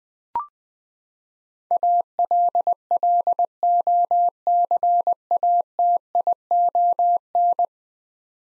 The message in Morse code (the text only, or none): ALLOCATION